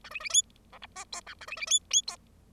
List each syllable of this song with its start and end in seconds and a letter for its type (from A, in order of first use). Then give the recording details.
0.04-0.10 A, 0.10-0.20 B, 0.20-0.29 B, 0.29-0.42 C, 0.72-0.78 D, 0.82-0.86 E, 0.95-1.04 F, 1.12-1.21 G, 1.26-1.34 H, 1.40-1.46 A, 1.47-1.56 B, 1.56-1.66 B, 1.66-1.79 C, 1.90-2.01 C, 2.07-2.16 G. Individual Bird0